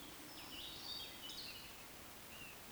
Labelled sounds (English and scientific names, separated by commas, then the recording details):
Eurasian Woodcock (Scolopax rusticola) whistle
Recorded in Baden-Württemberg, Germany, on 10 June 2020 at 19:33 UTC
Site 45520, 595 m above sea level